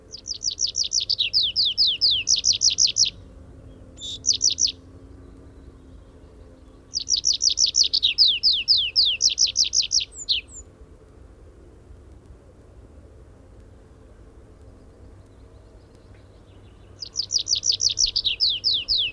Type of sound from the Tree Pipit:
flight song